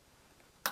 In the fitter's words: until it snaps in